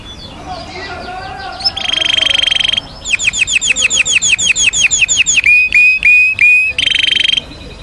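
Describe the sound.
Canary song: varied phrases, a buzzy rolled trill, a run of quick falling notes, a few clear whistles, then another buzzy trill.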